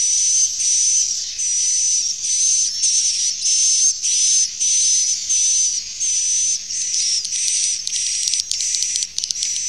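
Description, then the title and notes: Swiftlet calls, shrill hissing buzzes with a faint whistled note inside, repeated quickly and fairly steadily for the whole stretch. Used in swiftlet farming in Asia. "Swiflet Bird Sound. Farming Swiflet Bird asia sound"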